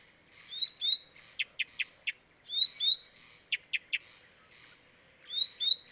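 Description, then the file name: Blyth's reed warbler song: a high whistled, slurred phrase followed by a few sharp clicking notes, the same pattern repeated. Recorded at Dviete. "dviete acrocephalus dumetorum"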